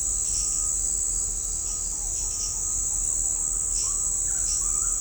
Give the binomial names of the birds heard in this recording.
none